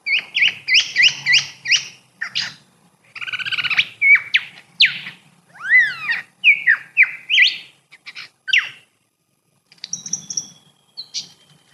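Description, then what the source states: Lyrebird song: a rapid, varied stream of loud whistles, chirps and sweeping slurred notes in shifting phrases, with short rattles between them and pauses near the end. Neerham State Forest, Victoria.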